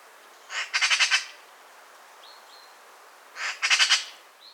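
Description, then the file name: Eurasian magpie giving two dry rattling chatters, each a fast run of harsh clicks lasting about half a second, with faint thin whistles between. "elster ruf"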